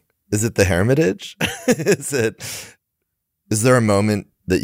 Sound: laughs